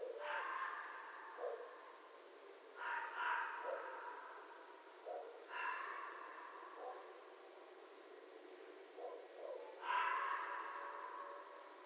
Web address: Red Fox 2012 01 11 Red Fox long